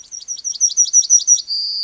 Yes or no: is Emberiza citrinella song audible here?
yes